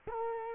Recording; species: mosquito wingbeat signal from an infrared sensor; Culex quinquefasciatus